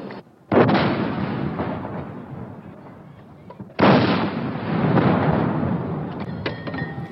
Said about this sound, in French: Ces 21 coups de canon annonceront aux Parisiens que le président de la République française est maintenant, à cette seconde, M. Valéry Giscard d'Estaing.